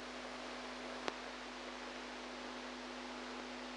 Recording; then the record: brain microelectrode recording played as sound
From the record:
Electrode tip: inside the subthalamic nucleus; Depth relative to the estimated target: -2 mm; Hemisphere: right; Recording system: NeuroSet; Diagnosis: Parkinson's disease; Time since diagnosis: 8 years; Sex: female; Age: 45 years